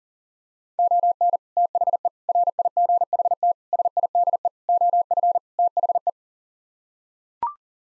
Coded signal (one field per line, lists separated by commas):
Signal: Morse code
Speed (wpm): 40 wpm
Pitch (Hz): 700 Hz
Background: none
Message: ON THE RIGHT SIDE OF THE